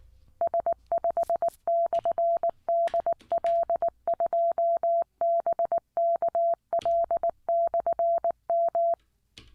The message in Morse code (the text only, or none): S5/DL2BKL/M